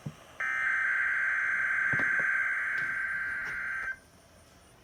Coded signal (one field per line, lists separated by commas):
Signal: Emergency Alert System (SAME) tones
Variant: header bursts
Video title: Unexpected EAS Alerts from 9/29/20 - 9/30/20 EAS#321-323